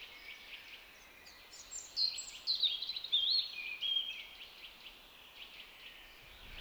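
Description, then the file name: European robin delivering one intricate phrase of high, twisting whistles and short trills lasting about two seconds, surrounded by quiet hiss. "Erithacus rubecula"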